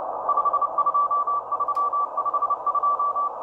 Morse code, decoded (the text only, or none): 52352